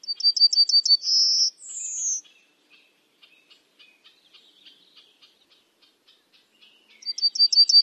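Bird song: a quick series of high, evenly spaced notes, a buzzy trill, then a thin descending whistle; soft chips follow before the phrase starts again near the end.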